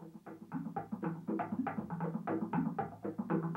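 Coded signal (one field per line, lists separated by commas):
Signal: talking drum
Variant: Congo drum language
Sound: fast, uneven drum strokes with shifting low pitch, like syllable rhythms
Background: film soundtrack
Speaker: certain native tribes of the African jungle have a drum language based on the syllables of words. [drumming] JUDY: Why, I never thought of a drum talking syllables. PROFESSOR: The drum language of the Congo broadcasts every syllable of the words of a message through the changing rhythmic patterns of drumbeats.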